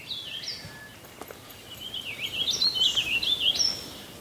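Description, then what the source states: Warbling Vireo song: a fast, rambling warble of high, looping notes over soft background hiss. Recorded in the field with a bird-sound app that identified the song and displayed its sonogram; the song was slightly louder than surrounding sounds.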